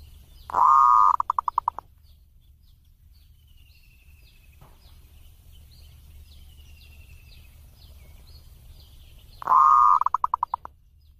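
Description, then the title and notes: Zebra dove singing two phrases about nine seconds apart, each a long purring coo running into a rapid string of brief notes; faint thin chirps from other birds between phrases. Song used as a tutor recording for training (mastering) other birds. "Kupulan Burung Perkutut. burung perkutut yang bisa digunakan untuk memaster"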